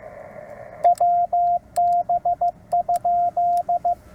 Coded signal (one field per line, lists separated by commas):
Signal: Morse code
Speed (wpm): 15 wpm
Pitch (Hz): 700 Hz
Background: radio noise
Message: WB?